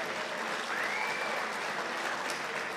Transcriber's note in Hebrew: צחוק, מחיאות כפיים ושריקות מהקהל